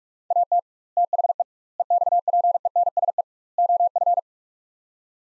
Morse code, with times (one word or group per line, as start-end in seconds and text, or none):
0.3-0.6 AT
1.0-1.4 THE
1.8-3.2 EXPENSE
3.6-4.2 OF